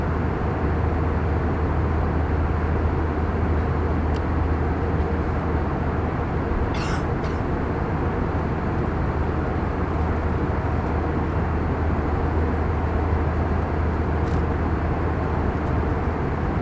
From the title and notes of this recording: Full Flight From Ft.Lauderdale To San Juan, Puerto Rico. Plane Sounds, Flight Sounds. Engine Sounds, Mechanical Sounds.